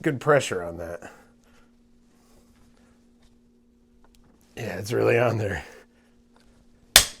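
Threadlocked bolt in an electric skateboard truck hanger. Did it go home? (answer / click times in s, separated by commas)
released / 7.0 s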